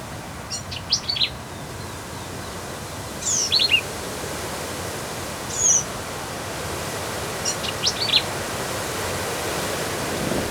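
Black-capped vireo song: short jumbled phrases of high buzzy and chattering notes, given every two to three seconds over steady background hiss.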